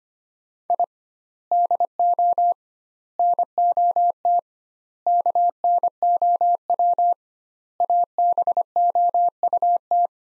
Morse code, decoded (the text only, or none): I DO NOT KNOW ABOUT